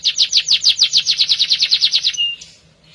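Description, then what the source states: Canary giving a fast, evenly pulsed trill of bright notes, about eight per second, ending in a brief flat whistle. Domestic canary, F1 bird; used as therapy to prompt a canary that has stopped singing (Indonesian: kenari macet).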